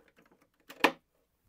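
A second toggle latch clamp on a plywood DJ podium panel is snapped closed, with faint light taps before a short rising rattle and a sharp click at 0.8 s. The latch clicks shut and is seated.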